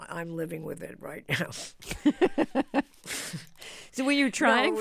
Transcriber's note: laughter